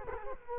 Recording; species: mosquito wingbeat signal from an infrared sensor; Culex quinquefasciatus